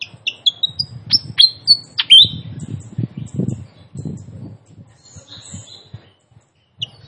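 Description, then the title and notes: Fantail song: several high, sharp whistled chirps, followed by a low, rough background rumble and a last faint chirp. Master recording of sikatan kipas (fantail flycatcher) song for cage-bird training, described as a clear voice, with trickling water; also called sikatan londo. "Masteran Sikatan Kipas Suara Jernih Dan Suara Gemericik Air. Suara Burung Sikatan Londo"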